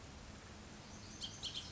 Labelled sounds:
Bullock's Oriole
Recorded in Sonoma County, California

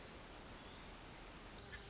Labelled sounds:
Pacific Wren
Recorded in Sonoma County, California

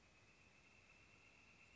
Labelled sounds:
Northern Flicker
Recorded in Sonoma County, California

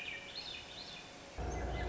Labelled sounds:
Swainson's Thrush
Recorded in Sonoma County, California

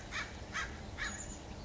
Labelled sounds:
American Crow
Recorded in Sonoma County, California

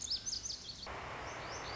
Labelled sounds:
Lazuli Bunting
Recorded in Sonoma County, California

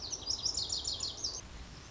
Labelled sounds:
Lazuli Bunting
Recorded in Sonoma County, California

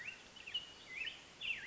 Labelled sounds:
Black-headed Grosbeak
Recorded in Sonoma County, California

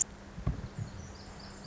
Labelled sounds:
Pacific Wren
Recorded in Sonoma County, California

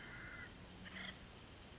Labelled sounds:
Acorn Woodpecker
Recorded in Sonoma County, California

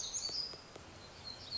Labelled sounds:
Black-throated Gray Warbler
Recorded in Sonoma County, California

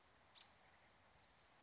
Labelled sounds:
American Robin
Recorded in Sonoma County, California

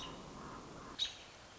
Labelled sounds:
American Robin
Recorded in Sonoma County, California

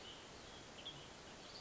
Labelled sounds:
Western Tanager
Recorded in Sonoma County, California

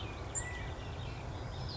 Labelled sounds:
California Quail
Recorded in Sonoma County, California

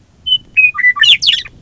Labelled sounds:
Western Meadowlark
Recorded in Sonoma County, California

